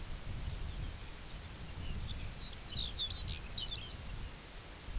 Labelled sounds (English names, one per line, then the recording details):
unidentified sound
Lapland Longspur
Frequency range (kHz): Lapland Longspur 1.3-7.5 kHz
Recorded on Arctic tundra, site UTQI-2, on 17 June 2019
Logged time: 14:00